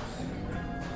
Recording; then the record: background sound without coughing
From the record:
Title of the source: 60 minutes of coffee shop sounds for study and concentration